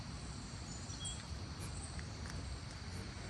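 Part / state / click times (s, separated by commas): front wiper blade adapter into wiper arm / not seated / none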